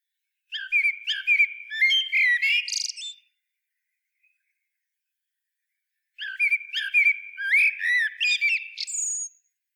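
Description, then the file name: Eurasian blackbird song: two long phrases of varied fluted whistles mixed with chattering high notes, separated by about three seconds of silence. "Turdus merula"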